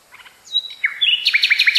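Nightingale song with faint soft notes, a high clear whistle, then a string of loud, quick downslurred chirps repeated in rhythm.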